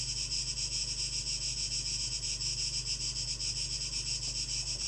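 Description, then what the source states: Cicada chorus as a loud, shimmering high buzz with rapid rhythmic pulsing throughout, over a low hum. Cicadas, 2023-08-12.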